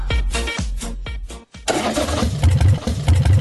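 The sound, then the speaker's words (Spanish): An old motorcycle engine cranks several times in short, sputtering bursts, stalling briefly before catching and roaring into a loud, rough, uneven idle. “Aún sufriendo por esa vieja. Por esa vieja moto.”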